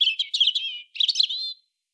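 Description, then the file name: European robin song: two short phrases of rapid, tumbling high twitters ending in thin drawn-out whistles. "Erithacus rubecula"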